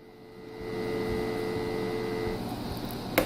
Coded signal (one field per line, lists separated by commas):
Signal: telephone call progress tone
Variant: North America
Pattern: dial tone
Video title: Test Call To The StraightTalk Home Phone Service Line